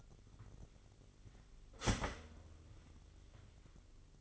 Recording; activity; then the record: daily activity, microphone in the room; start toaster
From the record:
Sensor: 4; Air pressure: 1002.7 hPa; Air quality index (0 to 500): 233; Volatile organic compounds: 16 ppm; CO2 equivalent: 2529 ppm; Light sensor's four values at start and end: 21/74/27/27 and 20/66/25/24